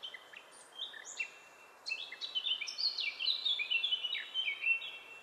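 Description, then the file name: Eurasian blackcap song: a few scratchy introductory notes, then a hurried, tumbling warble of mixed chattering and bright whistled phrases. "Sylvia atricapilla"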